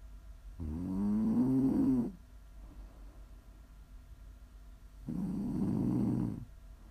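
Two loud, rumbling, fluttering snores from an adult sleeper, about three seconds apart, with quiet breathing between.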